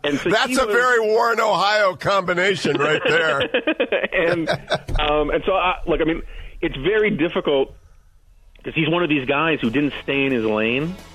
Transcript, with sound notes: That’s a very Warren, Ohio combination right there.
(laughing) And so look, I mean, it’s very difficult, because he’s one of these guys who didn’t stay in his lane.